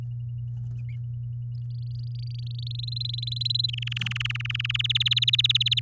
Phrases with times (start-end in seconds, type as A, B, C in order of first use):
1.70-2.76 A, 2.79-3.66 B, 3.69-4.77 C, 4.79-5.80 D